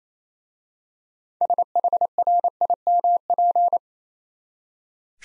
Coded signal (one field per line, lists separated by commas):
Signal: Morse code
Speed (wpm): 29 wpm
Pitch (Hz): 700 Hz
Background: none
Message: SHRIMP